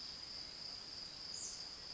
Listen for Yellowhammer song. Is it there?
no